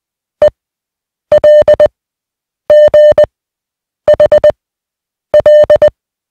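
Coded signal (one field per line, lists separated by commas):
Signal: Morse code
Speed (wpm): 20 wpm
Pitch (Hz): 600 Hz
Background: music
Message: E L G H L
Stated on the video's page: Morse receiving practice of 150 random single characters at 20 wpm.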